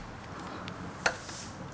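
A rear brake light switch for a Ducati Scrambler Desert Sled is pressed into its motorcycle mounting bracket, and its two pegs snap into the two holes. A faint tick comes at 0.7 s, then a sharp snap at 1.1 s as the switch seats. Someone talks afterward.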